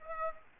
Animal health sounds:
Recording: mosquito wingbeat signal from an infrared sensor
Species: Aedes aegypti

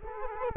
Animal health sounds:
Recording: mosquito wingbeat signal from an infrared sensor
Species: Culex quinquefasciatus

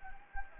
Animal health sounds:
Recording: mosquito wingbeat signal from an infrared sensor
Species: Anopheles gambiae

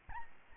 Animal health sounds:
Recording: mosquito wingbeat signal from an infrared sensor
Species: Aedes albopictus

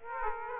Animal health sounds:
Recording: mosquito wingbeat signal from an infrared sensor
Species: Aedes aegypti

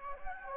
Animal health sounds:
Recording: mosquito wingbeat signal from an infrared sensor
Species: Anopheles gambiae

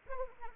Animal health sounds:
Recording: mosquito wingbeat signal from an infrared sensor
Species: Anopheles arabiensis

